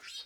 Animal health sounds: pig call; piglet (1 to 25 days)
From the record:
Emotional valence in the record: positive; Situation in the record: reunion after long isolation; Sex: male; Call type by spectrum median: high-frequency call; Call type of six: high-frequency stable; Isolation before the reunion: 8 minutes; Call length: 0.26 s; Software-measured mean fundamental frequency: 351 Hz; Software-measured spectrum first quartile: 3155 Hz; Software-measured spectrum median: 3897 Hz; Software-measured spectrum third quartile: 4980 Hz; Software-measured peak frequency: 3743 Hz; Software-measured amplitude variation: 111 dB a second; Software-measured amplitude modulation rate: 13.5 a second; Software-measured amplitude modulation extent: 8.2 dB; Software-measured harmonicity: 3.8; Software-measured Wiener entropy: -1.94

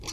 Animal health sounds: pig call; weaner (32 to 43 days)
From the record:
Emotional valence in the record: negative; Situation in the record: short isolation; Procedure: open field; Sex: female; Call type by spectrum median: high-frequency call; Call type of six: mixed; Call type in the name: high-frequency stable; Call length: 0.12 s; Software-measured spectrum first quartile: 654 Hz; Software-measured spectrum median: 3399 Hz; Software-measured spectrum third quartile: 5536 Hz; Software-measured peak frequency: 43 Hz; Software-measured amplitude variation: 93 dB a second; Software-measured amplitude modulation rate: 16.4 a second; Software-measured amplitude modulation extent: 5.7 dB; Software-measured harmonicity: 2.4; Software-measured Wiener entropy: -2.55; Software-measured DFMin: 972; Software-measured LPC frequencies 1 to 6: 1043, 2283, 3450, 4301, 4698, 5651 Hz

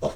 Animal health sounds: pig call; piglet (1 to 25 days)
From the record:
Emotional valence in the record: negative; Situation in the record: restrain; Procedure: in the arms of a person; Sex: male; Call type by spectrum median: low-frequency call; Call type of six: low-frequency stable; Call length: 0.16 s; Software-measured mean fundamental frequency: 49 Hz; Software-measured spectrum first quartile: 348 Hz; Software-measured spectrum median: 561 Hz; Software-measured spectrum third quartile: 745 Hz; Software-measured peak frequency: 617 Hz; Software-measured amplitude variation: 167 dB a second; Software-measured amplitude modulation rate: 6.4 a second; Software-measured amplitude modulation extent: 26.1 dB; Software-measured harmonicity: 1.2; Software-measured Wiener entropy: -0.61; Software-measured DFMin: 973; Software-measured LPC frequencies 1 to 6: 587, 3349, 4097, 5808, 7077, 8142 Hz

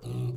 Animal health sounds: pig call; weaner (32 to 43 days)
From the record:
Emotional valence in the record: negative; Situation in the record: short isolation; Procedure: open field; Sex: female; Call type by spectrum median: low-frequency call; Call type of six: low-frequency stable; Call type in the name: low-frequency stable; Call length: 0.36 s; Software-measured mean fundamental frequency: 61 Hz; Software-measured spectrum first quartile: 123 Hz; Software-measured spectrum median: 168 Hz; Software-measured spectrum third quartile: 428 Hz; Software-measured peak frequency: 126 Hz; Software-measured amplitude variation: 88 dB a second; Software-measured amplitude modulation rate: 19.4 a second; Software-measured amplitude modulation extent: 4.5 dB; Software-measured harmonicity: 7.8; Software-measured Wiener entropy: -0.37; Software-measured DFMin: 1238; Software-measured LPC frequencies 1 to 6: 1081, 2641, 3827, 6060, 6702, 7829 Hz

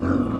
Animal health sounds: pig call; growing-finishing pig (85 days or more)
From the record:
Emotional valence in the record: negative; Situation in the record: barren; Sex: male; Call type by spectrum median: low-frequency call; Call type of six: low-frequency modulated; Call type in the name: low-frequency modulated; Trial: 2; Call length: 0.39 s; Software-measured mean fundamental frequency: 55 Hz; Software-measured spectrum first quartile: 212 Hz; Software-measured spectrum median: 303 Hz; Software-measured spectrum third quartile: 631 Hz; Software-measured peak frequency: 262 Hz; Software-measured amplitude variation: 175 dB a second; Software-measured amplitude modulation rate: 29.2 a second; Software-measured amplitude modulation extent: 6.0 dB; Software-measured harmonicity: 1.9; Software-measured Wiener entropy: -0.84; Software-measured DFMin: 847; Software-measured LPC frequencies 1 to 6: 312, 1280, 2644, 3491, 4818, 6476 Hz

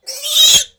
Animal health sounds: pig call; piglet (1 to 25 days)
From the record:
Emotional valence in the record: negative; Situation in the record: restrain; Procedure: back test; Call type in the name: high-frequency call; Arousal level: medium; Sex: male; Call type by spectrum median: high-frequency call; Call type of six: high-frequency stable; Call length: 0.79 s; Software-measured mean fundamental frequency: 248 Hz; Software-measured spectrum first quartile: 3577 Hz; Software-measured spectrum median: 4627 Hz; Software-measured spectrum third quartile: 7197 Hz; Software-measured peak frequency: 3836 Hz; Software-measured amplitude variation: 188 dB a second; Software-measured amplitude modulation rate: 18.3 a second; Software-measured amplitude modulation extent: 10.2 dB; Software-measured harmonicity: 7.1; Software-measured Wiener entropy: -2.46

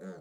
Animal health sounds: pig call; piglet (1 to 25 days)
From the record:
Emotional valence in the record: negative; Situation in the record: short isolation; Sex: male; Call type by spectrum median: low-frequency call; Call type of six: low-frequency stable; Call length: 0.21 s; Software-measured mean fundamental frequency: 91 Hz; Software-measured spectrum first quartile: 195 Hz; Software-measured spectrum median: 374 Hz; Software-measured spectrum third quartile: 624 Hz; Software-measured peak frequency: 180 Hz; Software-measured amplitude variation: 70 dB a second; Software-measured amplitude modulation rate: 14.4 a second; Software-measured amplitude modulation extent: 4.8 dB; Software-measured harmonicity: 4.1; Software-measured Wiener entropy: 0.00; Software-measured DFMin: 1058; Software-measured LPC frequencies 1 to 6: 469, 1485, 3590, 4274, 6937, 8516 Hz

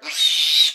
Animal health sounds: pig call; piglet (1 to 25 days)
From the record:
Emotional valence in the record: negative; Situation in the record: restrain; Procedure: in the arms of a person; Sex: female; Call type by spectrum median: high-frequency call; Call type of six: high-frequency stable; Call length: 0.75 s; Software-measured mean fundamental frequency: 160 Hz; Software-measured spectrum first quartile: 3589 Hz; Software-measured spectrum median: 3883 Hz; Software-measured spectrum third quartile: 4863 Hz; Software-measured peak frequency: 3849 Hz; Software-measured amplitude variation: 136 dB a second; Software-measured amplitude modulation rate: 19.3 a second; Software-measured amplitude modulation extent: 7.0 dB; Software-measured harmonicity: 5.3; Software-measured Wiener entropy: -2.89

